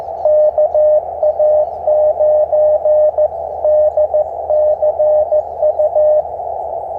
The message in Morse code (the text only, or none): KA9DCU